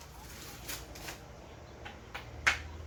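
A caster wheel stem is pushed down by hand into the plastic star base of a gaming chair, with faint rustling handling sounds at first. Sharp impact hits land at 2.2 s and 2.5 s, the second much louder, and the caster ends up seated in the base.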